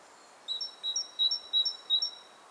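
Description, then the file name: Great tit delivering five regular two-note phrases, a lower whistle then a higher one, repeated about every third of a second, soft hiss behind. "Parus major"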